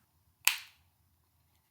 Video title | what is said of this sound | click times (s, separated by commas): DIY Ray-Ban Meta Prescription Lenses | When it finally popped into place, it was the best sound ever. | 0.5 s